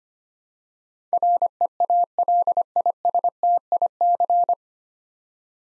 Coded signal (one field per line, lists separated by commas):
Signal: Morse code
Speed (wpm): 25 wpm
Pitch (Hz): 700 Hz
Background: none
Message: REALISTIC